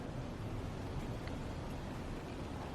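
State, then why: Not seated. The male end of a RaceChip add-on tuning harness is being handled for insertion into the OEM engine sensor plug, from which the sensor was just removed, on a Lincoln MKC 2.3L EcoBoost. A steady broadband hiss with a low rumble continues throughout, with only a faint brief tick near 1.3 s. Nothing has seated or clicked yet; the connector has not gone home.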